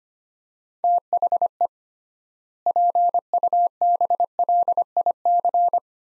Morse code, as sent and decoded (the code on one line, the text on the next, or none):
- .... . / .--. ..- -... .-.. .. -.-.
THE PUBLIC